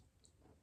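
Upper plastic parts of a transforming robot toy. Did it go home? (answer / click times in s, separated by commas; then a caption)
yes / 0.2 s. Someone pushes the upper plastic parts of a transforming robot toy together, and a single short, high click is heard at 0.3 s over low background noise. The parts snap into place and are confirmed seated.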